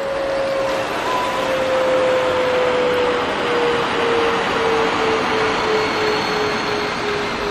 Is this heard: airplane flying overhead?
yes